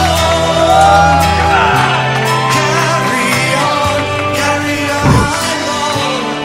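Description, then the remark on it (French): An audience shouts and cheers loudly, many overlapping voices whooping and yelling in a sustained roar that swells briefly near the end. “Est-ce que vous êtes facile à faire crier?”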